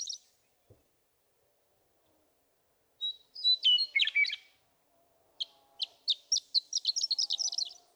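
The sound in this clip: Western meadowlark song: a brief high note, then slurred whistles dropping into a jumbled gurgle, followed by a quick series of short, sharp notes.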